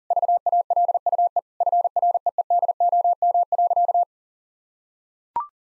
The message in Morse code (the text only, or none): VALUE FREEDOM.